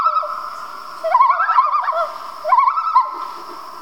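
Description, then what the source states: Loon giving quavering, wavering tremolo calls in two bursts, mixed with sustained steady tones. Loons in a family group.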